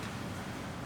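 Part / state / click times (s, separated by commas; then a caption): second side rail into its raised locked position on the hospital bed frame / not seated / none. The second side rail of a hospital bed is being raised toward its locked position on the bed frame, with steady broadband rustling and a low rumble throughout. Nothing has latched or clicked yet.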